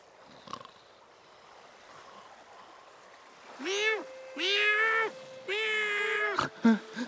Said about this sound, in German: Oh, Katze hat mich geweckt. Miau!